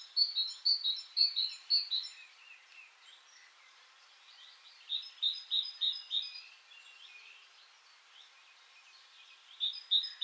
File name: Parus major